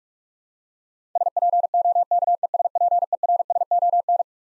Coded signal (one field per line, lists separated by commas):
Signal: Morse code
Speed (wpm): 43 wpm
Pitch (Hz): 700 Hz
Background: none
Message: SPOKESPERSON